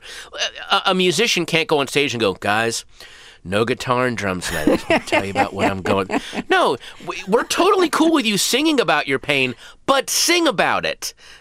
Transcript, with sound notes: A musician can't go on stage and go, guys, no guitar and drums tonight.
(Laughter).
I'll tell you about what I'm going - no, we're totally cool with you singing about your pain, but sing about it.